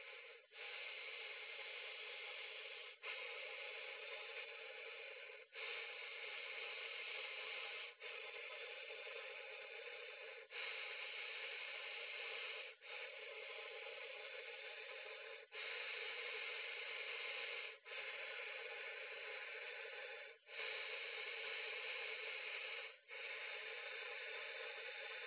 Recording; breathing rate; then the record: paced breathing near a phone; 12 breaths a minute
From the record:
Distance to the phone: 20 cm